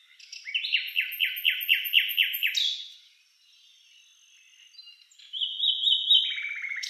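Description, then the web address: Common nightingale with a steady run of throaty repeated notes, a lull, then a whistled phrase ending in a dry rattle. "Schulze Peter Common Nightingale song"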